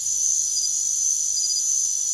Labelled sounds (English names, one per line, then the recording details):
none
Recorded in secondary vegetation near Puerto Asís, Putumayo, Colombia, on 9 March 2025 at 02:30
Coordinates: 0.489, -76.322
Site G042